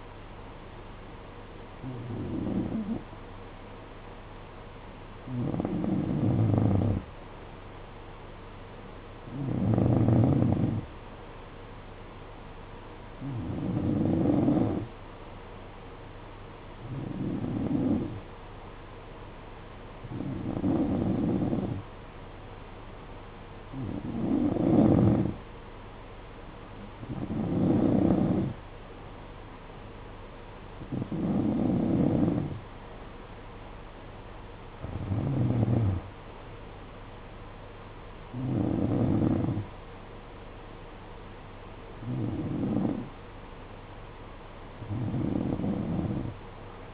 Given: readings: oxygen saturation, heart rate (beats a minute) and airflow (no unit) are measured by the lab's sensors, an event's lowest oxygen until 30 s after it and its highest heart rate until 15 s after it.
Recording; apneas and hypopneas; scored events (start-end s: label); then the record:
breathing in sleep by a voice recorder at the bedside; none
40.00-46.94 s: new sleep stage, N3 (deep sleep)
From the record:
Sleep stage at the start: N2 (light sleep); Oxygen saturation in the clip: 91 to 92%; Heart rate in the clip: 55 to 61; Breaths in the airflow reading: 13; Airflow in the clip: -9.7 to 6.9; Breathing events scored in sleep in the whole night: 476 in 9.7 hours asleep